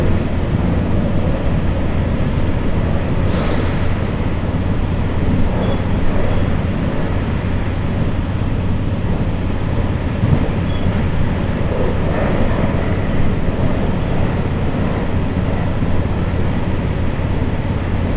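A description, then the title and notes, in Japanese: A train runs along the Muroran Main Line between Koboro and Tōya, heard as a steady, dense low rumble and rattle of wheels on track. The roar stays even throughout, with a brief brighter hiss around three seconds and faint clacks scattered through. 耳で楽しむ鉄道旅 室蘭本線 小幌→洞爺。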